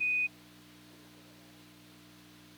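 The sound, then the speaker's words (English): A short, high-pitched radio microphone key beep, keyed with no voice, during Space Shuttle mission STS-61B air-to-ground communications. It lasts a fraction of a second, then gives way to a steady low hum and hiss of an open channel. “Once again, we heard your key, no voice.”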